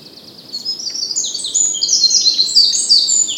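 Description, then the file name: Eurasian wren song, part of a rapid, shrill sequence of high trills and sharp notes that carries on to the end of the short excerpt, with soft background noise. "Troglodytes troglodytes"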